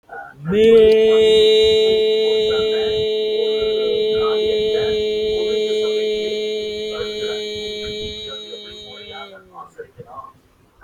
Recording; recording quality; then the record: sustained vowel as in made; moderate, slight background noise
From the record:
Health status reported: healthy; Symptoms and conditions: none ticked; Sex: male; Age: 23 years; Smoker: not ticked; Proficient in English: yes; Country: India